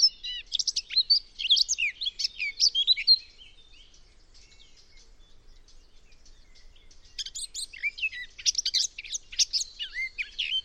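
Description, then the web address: Eurasian blackcap delivering two busy bursts of high, twittering warble with sharp chirps, separated by a quiet pause of about four seconds. "cianscape birddata Deverinetal 2025"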